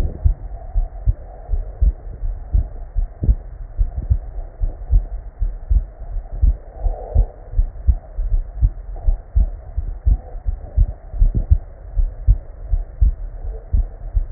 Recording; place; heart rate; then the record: heart sounds by stethoscope; Erb's point; 80 bpm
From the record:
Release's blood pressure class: normal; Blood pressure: 92/52 mmHg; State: at rest